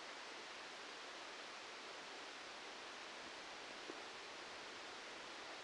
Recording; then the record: brain microelectrode recording played as sound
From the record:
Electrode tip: outside the subthalamic nucleus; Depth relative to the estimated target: -8 mm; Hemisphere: left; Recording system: NeuroSet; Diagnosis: Parkinson's disease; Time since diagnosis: 13 years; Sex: male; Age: 63 years